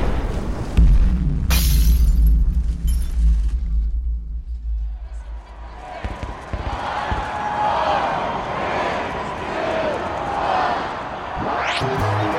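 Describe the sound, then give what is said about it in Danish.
A heavy explosion sound effect bursts out with a deep booming rumble and sharp shattering debris, then settles into a long crackling, hissing roar that fades with scattered crunches and a rising whoosh at the end. “Kan jeg ikke lige få en eksplosion?”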